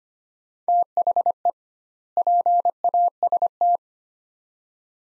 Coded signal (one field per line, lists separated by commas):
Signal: Morse code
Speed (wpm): 25 wpm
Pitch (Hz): 700 Hz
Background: none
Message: THE PAST